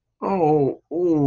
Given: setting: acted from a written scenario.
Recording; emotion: vocal sound without words; shame